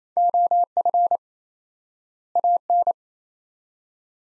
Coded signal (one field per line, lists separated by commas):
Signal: Morse code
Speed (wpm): 28 wpm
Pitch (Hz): 700 Hz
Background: none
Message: OF AN